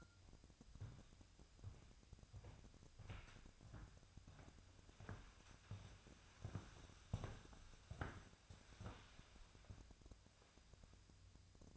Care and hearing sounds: daily activity, microphone in the room; walk to room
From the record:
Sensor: 2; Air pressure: 999.8 hPa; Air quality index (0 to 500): 117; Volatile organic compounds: 2 ppm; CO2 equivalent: 1014 ppm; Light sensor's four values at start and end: 29/68/30/34 and 27/65/29/32

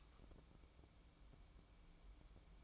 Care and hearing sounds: daily activity, microphone in the room; light on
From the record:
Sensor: 1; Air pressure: 1007.9 hPa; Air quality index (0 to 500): 118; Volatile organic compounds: 2 ppm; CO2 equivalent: 999 ppm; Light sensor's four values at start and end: 11/25/10/11 and 15/44/17/19

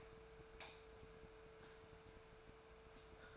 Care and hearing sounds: daily activity, microphone in the room; light on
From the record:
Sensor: 2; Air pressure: 1014.4 hPa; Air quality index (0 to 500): 175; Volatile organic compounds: 11 ppm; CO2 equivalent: 2310 ppm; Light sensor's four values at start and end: 12/29/12/13 and 16/45/18/19

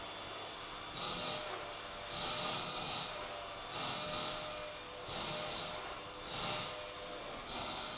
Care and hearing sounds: daily activity, microphone in the room; vacuum cleaning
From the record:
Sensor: 5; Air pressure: 1009.7 hPa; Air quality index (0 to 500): 167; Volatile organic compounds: 4 ppm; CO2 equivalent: 1619 ppm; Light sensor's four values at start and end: 110/288/118/126 and 110/289/118/127

